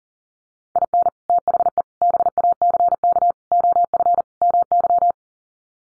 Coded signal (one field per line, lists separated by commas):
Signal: Morse code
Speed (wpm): 40 wpm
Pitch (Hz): 700 Hz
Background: none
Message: IN THE BACK OF MY